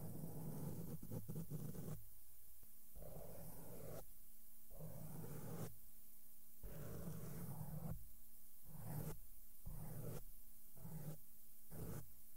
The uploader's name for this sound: SOFT SOUNDS WITH MAKEUP BRUSHES ON MIC AND MICROPHONE TOUCHING